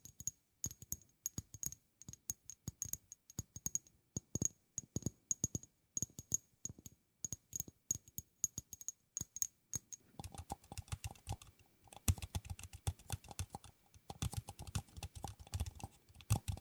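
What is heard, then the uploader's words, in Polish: Fingernails tap in quick, uneven bursts of sharp clicks, then after ten seconds the tapping turns denser and faster, with a faint tone underneath. ASMR Tapping Dźwięki uderzania paznokciami.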